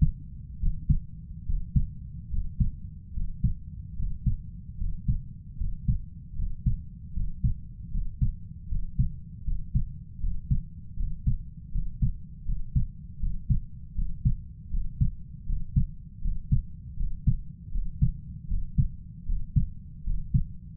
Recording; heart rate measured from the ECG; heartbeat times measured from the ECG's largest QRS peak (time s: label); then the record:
heart sounds by stethoscope; 77 bpm
0.59 s: heartbeat
1.45 s: heartbeat
2.29 s: heartbeat
3.13 s: heartbeat
3.95 s: heartbeat
4.77 s: heartbeat
5.57 s: heartbeat
6.35 s: heartbeat
7.13 s: heartbeat
7.90 s: heartbeat
8.68 s: heartbeat
9.43 s: heartbeat
10.19 s: heartbeat
10.95 s: heartbeat
11.71 s: heartbeat
12.44 s: heartbeat
13.19 s: heartbeat
13.94 s: heartbeat
14.69 s: heartbeat
15.45 s: heartbeat
16.21 s: heartbeat
16.96 s: heartbeat
17.71 s: heartbeat
18.47 s: heartbeat
19.25 s: heartbeat
20.03 s: heartbeat
From the record:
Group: healthy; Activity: breath hold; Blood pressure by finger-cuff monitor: 87/59 mmHg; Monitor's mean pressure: 66 mmHg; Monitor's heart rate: 77 bpm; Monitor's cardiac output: 5.1 L/min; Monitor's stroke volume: 65 mL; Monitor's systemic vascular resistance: 920 dyn s/cm5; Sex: male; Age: 20 years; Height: 167 cm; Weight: 61 kg